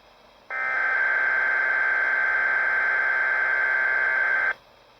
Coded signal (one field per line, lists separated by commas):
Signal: Emergency Alert System (SAME) tones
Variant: header bursts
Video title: Summers, Severe Weather... EAS Alerts EAS #13 - EAS #24 (EAS Compilation #3)